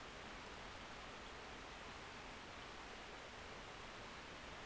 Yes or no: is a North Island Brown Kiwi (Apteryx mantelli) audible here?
no